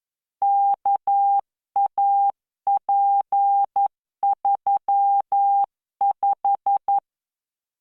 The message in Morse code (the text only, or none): KAP35